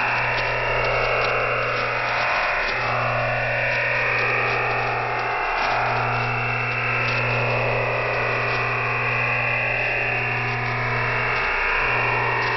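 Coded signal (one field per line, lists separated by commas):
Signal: digital SSTV (DRM)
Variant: EasyDRF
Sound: steady wideband rushing hiss, like a constant data roar, with low hum underneath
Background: radio static, low hum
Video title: Shortwave Radiogram EasyDRF Part 2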